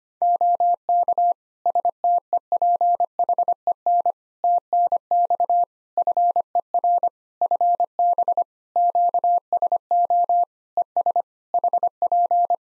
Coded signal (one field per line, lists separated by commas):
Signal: Morse code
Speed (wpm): 25 wpm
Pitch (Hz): 700 Hz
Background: none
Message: OK STEPHEN TNX FER FB QSO ES HP